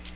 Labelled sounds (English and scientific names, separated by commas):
Cape May Warbler (Setophaga tigrina) flight call